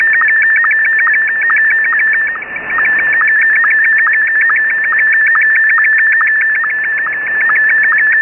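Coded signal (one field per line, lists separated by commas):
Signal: SSTV (slow-scan television)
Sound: steady warbling tone around 1.8 kHz broken by rapid, regular low clicks or blips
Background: radio static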